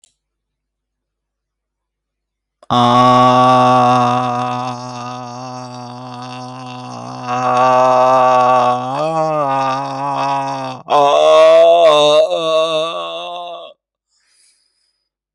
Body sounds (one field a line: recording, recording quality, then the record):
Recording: sustained vowel as in made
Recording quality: excellent, no background noise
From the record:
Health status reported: healthy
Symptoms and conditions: hypertension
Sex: male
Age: 54 years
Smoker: not ticked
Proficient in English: yes